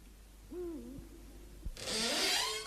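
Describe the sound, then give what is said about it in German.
An owl hoots in low, wavering tones, a couple of drawn-out calls, before a loud hissing noise suddenly rises and continues while the hooting carries on underneath. “Hört einen Eilenvogel. Er schreit euch einen guten Weg zu.”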